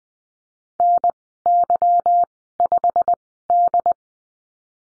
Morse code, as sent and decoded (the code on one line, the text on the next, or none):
-. -.-- ..... -..
NY5D